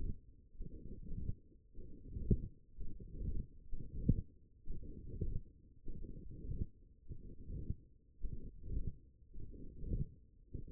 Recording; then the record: forearm muscle sounds (acoustic myography)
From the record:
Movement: hook grip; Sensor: system 1, eight BSWA MPA416 microphones around the upper forearm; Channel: 7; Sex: female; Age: 22 years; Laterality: right